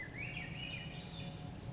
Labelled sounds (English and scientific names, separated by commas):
Swainson's Thrush (Catharus ustulatus)